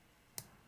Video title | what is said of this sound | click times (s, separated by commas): Zeko Spinosaurus Day 8 - Just Rest Your Eyes (JRYE#280) | There we go. Okay, so that's clicked on. | 0.4 s